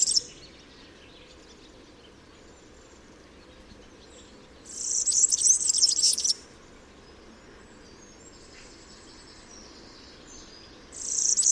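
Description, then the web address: European serin song, one long sizzling high jingle in midway with fragments at start and end, separated by quiet gaps. "chant didier collin serin cini"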